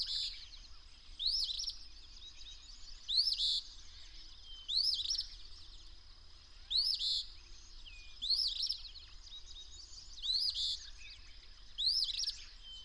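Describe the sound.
Bird song: rising whistled notes ending in buzzy trills, repeated several times, with faint other chirps and a steady high hum.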